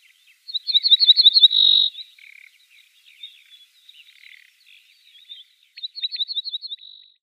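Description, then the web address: Ortolan bunting song: a quick run of several ringing high notes ending in a longer note, with soft scattered chirps between and a second phrase near the end. "Schulze Peter Ortolan Bunting song"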